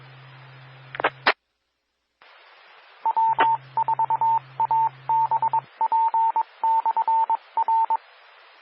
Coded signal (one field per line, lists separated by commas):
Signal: Morse code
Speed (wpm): 22 wpm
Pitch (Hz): 900 Hz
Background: radio noise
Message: EE W4ABP/R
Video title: 2021-08-17 - Northeast Georgia Amateur Radio Repeaters